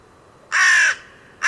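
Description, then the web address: Bird giving a harsh, grating caw lasting under half a second, followed by the start of a second caw. "cianscape. Deverinetal. Bird Only"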